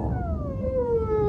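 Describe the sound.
Whale vocalization, a tonal moan with harmonics sliding slowly downward, over low rumbling background noise.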